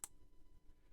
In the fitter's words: So when I press this in, you'll hear it actually click into place.